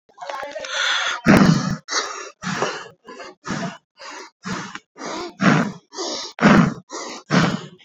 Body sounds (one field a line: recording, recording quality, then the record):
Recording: shallow breathing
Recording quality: excellent, no background noise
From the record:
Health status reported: exposed to COVID-19, no respiratory illness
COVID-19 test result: not tested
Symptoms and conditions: cough, cold, sore throat, fever, muscle pain, diarrhoea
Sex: male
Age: 29 years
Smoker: not ticked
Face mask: not worn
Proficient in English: yes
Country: India